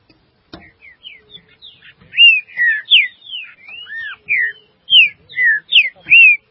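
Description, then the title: Green-winged saltator song, a rich run of loud whistled notes, some arching and some down-slurred, building in strength through a continuous phrase, with a click near the start. "Trinca Ferro"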